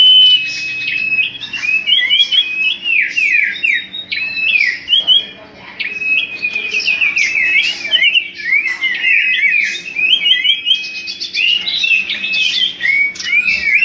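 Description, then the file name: Common iora with a busy, continuous medley of whistled slurs, quick trills and chirps, barely pausing throughout. Whistled song used as a lure sound for bird catching. "siulan cipo untuk pancingan"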